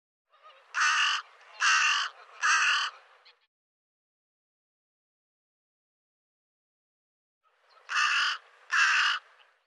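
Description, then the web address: Bird calling in harsh, rasping notes: three quick calls in a row, a long silent gap, then two more. "cianscape birddata Deverinetal 2025"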